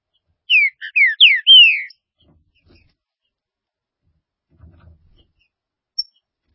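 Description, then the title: Green-winged saltator song: a brisk phrase of clear, falling whistles, the last note drawn out, then quiet. "Trinca Ferro"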